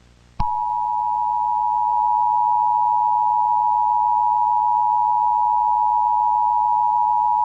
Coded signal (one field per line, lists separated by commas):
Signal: Emergency Alert System (SAME) tones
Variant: 853 and 960 Hz attention tone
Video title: Commercial EAS Tornado Warning Information Distributed